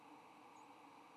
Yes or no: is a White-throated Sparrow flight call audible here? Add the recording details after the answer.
no. Another species' flight call is heard. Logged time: 08:49 on 15 November 2014